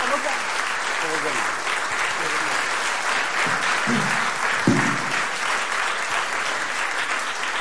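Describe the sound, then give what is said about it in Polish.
Loud, sustained audience applause at a Polish Radio Program Trzeci (Trójka) event, filling the whole stretch, a dense hiss of many hands clapping at an even level, with a few faint voices and low thumps showing through. “Brawa! Bardzo gorące!”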